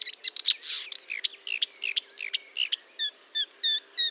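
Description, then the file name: Marsh warbler song, a fast medley of high whistles, buzzes and clipped chirps delivered in quick succession without pause. Recorded at Fontaine-Française (Fourneau) on 1 June 2022 at 10:55, using Nagra and Telinga equipment. "Rousserolle verderolle 1055 Fontaine-Francaise-Fourneau"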